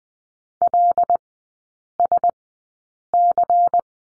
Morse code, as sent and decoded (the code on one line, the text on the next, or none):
.-.. ... -.-.
LSC